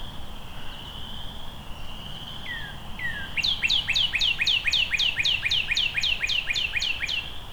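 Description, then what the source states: Northern cardinal song: a rapid series of about fifteen sharp downslurred whistles, roughly four per second. Singing up and to the right of the recordist.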